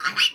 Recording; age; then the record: pig call; piglet (1 to 25 days)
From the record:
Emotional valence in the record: negative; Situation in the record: restrain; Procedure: sham castration, cut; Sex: male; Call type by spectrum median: high-frequency call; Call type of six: high-frequency stable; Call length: 0.35 s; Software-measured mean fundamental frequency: 293 Hz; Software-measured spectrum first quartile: 1843 Hz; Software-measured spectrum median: 2734 Hz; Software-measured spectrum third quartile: 3343 Hz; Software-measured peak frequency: 2920 Hz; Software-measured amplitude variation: 249 dB a second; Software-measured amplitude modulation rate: 7.1 a second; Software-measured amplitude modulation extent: 34.9 dB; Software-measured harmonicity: 4.2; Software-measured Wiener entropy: -2.22